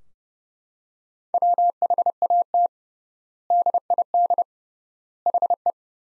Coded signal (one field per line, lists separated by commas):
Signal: Morse code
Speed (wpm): 30 wpm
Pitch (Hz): 700 Hz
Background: none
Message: WHAT DID HE